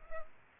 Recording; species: mosquito wingbeat signal from an infrared sensor; Culex pipiens